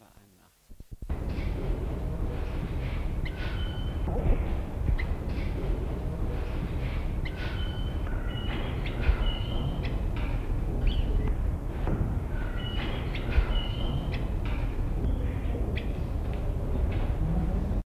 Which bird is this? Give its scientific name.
Minla cyanouroptera